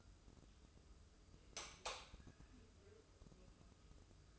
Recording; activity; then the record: daily activity, microphone in the room; light on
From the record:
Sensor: 2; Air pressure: 995.2 hPa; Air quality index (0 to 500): 71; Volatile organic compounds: 2 ppm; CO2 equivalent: 1239 ppm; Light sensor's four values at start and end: 7/17/7/7 and 12/35/14/14